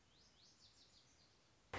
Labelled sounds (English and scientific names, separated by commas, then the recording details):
Lazuli Bunting (Passerina amoena)
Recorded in Sonoma County, California